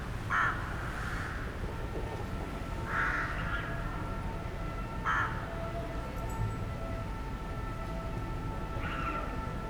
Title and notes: 27 Rue du Verger, 73000 Chambéry, France - Freux dans la ville. Des corbeaux freux nichent dans les platanes de la place